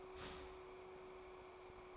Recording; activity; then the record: daily activity, microphone in the room; start toaster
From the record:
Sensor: 1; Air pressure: 1014.7 hPa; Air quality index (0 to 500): 194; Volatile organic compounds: 29 ppm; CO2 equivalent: 2929 ppm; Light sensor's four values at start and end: 4/9/3/3 and 4/9/3/3